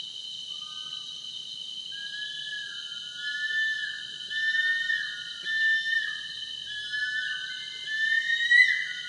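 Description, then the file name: Bush stone-curlew wailing call: drawn-out, mournful whistled notes that waver and slide, repeated in long phrases and rising sharply at the end, with faint low background noise. "Bush Stone curlew Burhinus grallarius"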